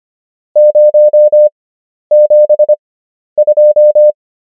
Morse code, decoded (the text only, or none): 072